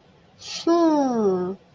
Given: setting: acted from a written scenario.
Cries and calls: vocal sound without words; realization

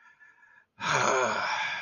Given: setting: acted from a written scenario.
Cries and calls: vocal sound without words; contempt

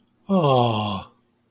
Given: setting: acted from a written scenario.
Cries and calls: vocal sound without words; adoration

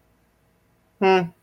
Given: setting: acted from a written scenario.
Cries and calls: vocal sound without words; neutral

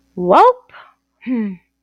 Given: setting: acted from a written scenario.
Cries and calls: vocal sound without words; neutral

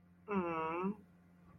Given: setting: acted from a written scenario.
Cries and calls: vocal sound without words; disappointment

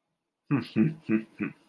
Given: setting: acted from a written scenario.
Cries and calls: vocal sound without words; contempt

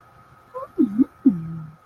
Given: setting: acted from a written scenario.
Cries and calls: vocal sound without words; romantic love

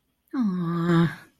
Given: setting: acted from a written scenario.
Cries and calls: vocal sound without words; sympathy

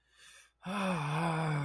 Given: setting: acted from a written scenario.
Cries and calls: vocal sound without words; shame

